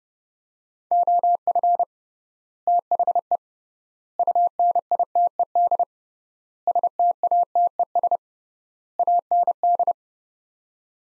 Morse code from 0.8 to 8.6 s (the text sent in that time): OF THE UNITED STATES